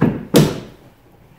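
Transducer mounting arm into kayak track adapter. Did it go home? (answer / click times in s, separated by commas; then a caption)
yes / 0.4 s. A transducer mounting arm for a Garmin Striker 4cv fish finder is pushed into a gear head track adapter on a kayak. After a low, soft rustle, a sharp broadband snap rings out at 0.4 s and fades over about half a second. The arm pops into the track mount and is seated.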